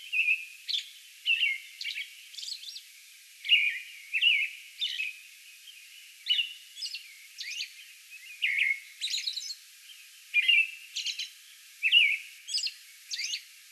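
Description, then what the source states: American robin singing a continuous string of short whistled caroling phrases, interspersed with faint high squeaky notes. Song bout recorded on May 11.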